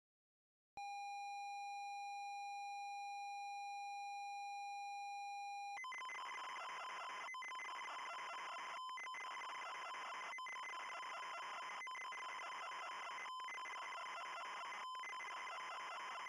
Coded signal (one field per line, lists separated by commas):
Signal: ZX Spectrum tape loading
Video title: First console my brother played - ZX Spectrum